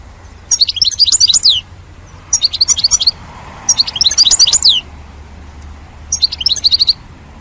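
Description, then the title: European goldfinch giving four bursts of rapid, high, liquid twittering notes, each about a second long, with low background hum. "Chant Chardonneret"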